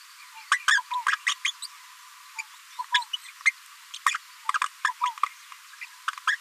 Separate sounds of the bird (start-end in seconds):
0.52-0.58, 0.68-0.80, 1.08-1.16, 1.26-1.34, 1.45-1.51, 1.62-1.67, 2.38-2.42, 2.94-2.98, 3.13-3.16, 3.46-3.51, 3.94-3.98, 4.06-4.17, 4.85-4.89, 5.05-5.09, 5.23-5.25, 5.81-5.86, 6.27-6.36